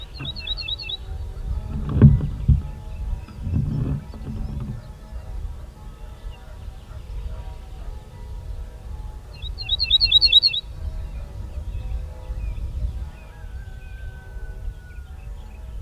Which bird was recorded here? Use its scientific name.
Emberiza hortulana